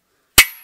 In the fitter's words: snaps into place and bingo bango bongo